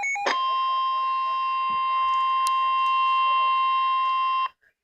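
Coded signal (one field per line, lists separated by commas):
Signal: Emergency Alert System (SAME) tones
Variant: 1050 Hz attention tone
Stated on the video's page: Severe thunderstorm warning received from a NOAA Weather Radio transmitter.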